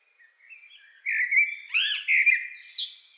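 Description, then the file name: Common blackbird delivering a mellow whistled phrase that slides into sweeping notes and finishes with a brief, high twitter. "Turdus merula"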